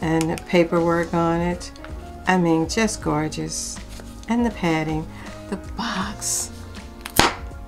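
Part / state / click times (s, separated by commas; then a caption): lid of a jewelry box closing onto its base / seated / 7.1 s, 7.2 s. Someone talks over music while closing the lid of a padded jewelry gift box onto its base. The lid snaps shut with sharp clicks at about 7.1 and 7.2 seconds, a sign of a good-quality box.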